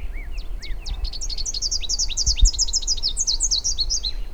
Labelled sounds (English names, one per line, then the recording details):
Rufous-capped Warbler song
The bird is a male
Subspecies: rufifrons
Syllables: 36
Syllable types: 13
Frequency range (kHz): 2.0-8.7 kHz
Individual UJ-BYS-M